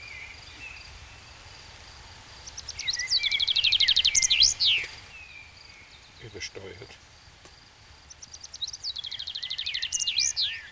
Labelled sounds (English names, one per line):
Common Chaffinch song